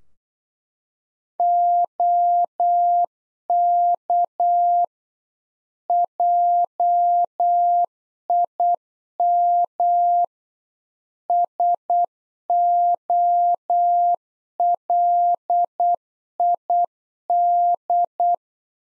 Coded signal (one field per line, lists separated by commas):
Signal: Morse code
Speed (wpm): 8 wpm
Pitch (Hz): 700 Hz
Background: none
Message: OK JIM SOLID